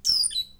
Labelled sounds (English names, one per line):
Stitchbird song